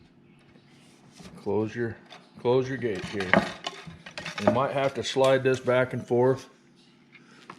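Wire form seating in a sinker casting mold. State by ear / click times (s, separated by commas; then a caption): seated / 7.5 s. A wire form is set into a metal sinker casting mold for homemade bottom bouncers, the mold's gate is closed, and the wire is slid back and forth while someone talks. A few small metallic knocks occur around 3.7 to 4.3 seconds, and a single short click at 7.5 seconds marks the wire form locking into place in the mold.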